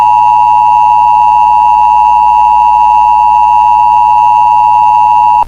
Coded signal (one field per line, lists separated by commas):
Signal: Emergency Alert System (SAME) tones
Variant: 853 and 960 Hz attention tone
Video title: EAS Scenario #4: Tornado Trouble: Redux.